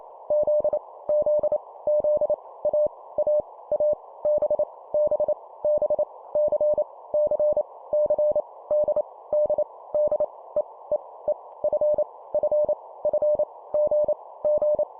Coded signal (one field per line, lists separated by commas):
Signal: Morse code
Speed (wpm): 28 wpm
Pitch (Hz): 600 Hz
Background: none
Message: Z Z Z A A A B B B C C C D D D E E E F F F G G